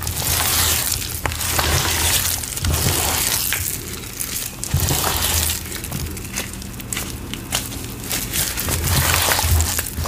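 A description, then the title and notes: Powder is being handled and pressed, with dense crunching and crumbling textures that run throughout the ten seconds. Sharp squeaky crackles come in quick irregular bursts, and a steady low rumble and faint hiss continue underneath, with brief dips in loudness around four and six seconds. Making Citric Acid Dyed Chalk & Cornstarch Crunchies. Pouring, powder play, cornstarch squeaks, citric acid sizzles.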